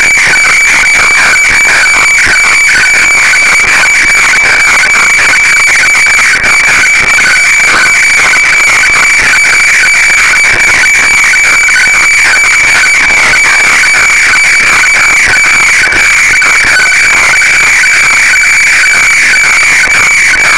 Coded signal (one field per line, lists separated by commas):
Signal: weather fax (radiofax)